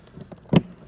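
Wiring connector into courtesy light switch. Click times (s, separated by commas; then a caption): 0.6 s. The electrical connector for the courtesy light switch is plugged into the switch on the inner door handle of a 2008-2018 Dodge Caravan. Two faint ticks near 0.1 s and 0.3 s are followed by one sharp, louder click at 0.6 s as the connector seats fully.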